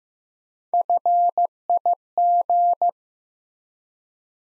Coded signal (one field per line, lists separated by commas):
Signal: Morse code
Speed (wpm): 15 wpm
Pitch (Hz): 700 Hz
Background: none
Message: FIG